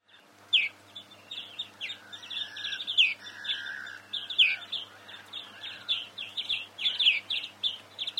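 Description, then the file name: European greenfinch chirping in a fast, uneven twitter after a brief quiet start, with softer drawn notes woven between the brighter trills. "Chloris chloris"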